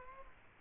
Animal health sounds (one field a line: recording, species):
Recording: mosquito wingbeat signal from an infrared sensor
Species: Culex quinquefasciatus